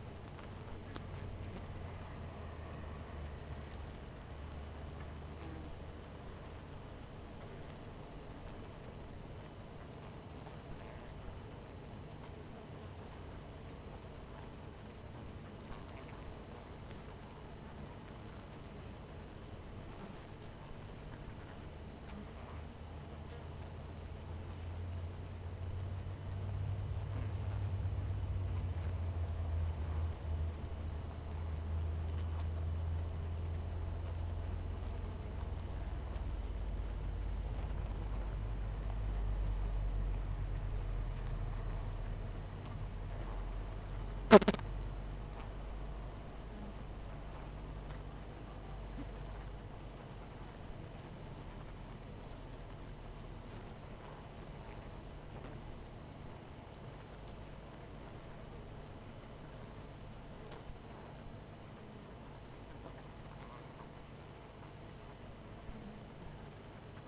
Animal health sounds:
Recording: honeybee colony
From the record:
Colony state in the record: missing queen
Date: 14 July 2017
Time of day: 18:14

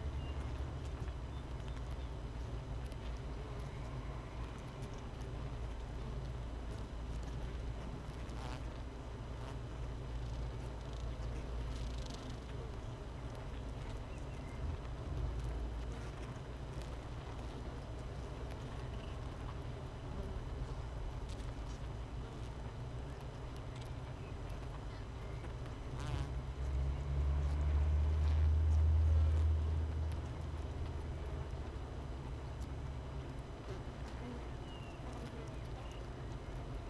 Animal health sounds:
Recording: honeybee colony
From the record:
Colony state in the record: missing queen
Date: 31 May 2018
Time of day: 13:47

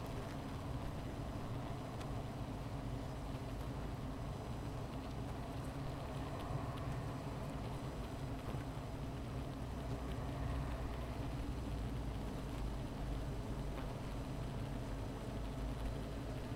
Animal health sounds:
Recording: honeybee colony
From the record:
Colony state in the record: missing queen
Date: 14 July 2017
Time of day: 15:42

